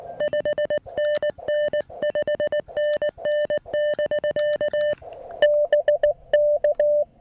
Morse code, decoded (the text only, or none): 5NN 5NN <BK> BK